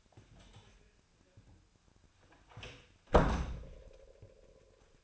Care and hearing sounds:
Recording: daily activity, microphone in the room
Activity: close door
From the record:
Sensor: 2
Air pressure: 1007.4 hPa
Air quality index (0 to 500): 181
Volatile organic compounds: 10 ppm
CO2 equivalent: 2225 ppm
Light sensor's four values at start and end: 10/23/10/10 and 9/22/9/10

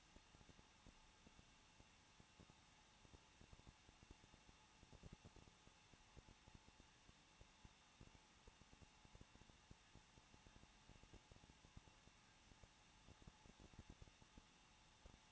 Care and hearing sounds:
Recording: daily activity, microphone in the room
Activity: no activity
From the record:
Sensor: 1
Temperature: 20.1 degrees Celsius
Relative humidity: 39.1%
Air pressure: 1006.4 hPa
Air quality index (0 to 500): 216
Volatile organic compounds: 74 ppm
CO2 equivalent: 3555 ppm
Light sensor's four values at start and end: 1/2/1/1 and 1/2/1/1

